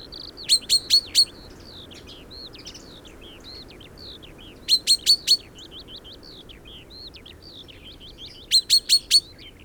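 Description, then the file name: Common chaffinch calls in quick clusters of four hard, high notes recurring about every four seconds, separated by faint wavering chirps over steady background noise. "Fringilla coelebs"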